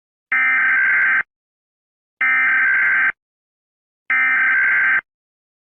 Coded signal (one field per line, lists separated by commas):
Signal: Emergency Alert System (SAME) tones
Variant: header bursts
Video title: EAS Scenario #3: Time Loop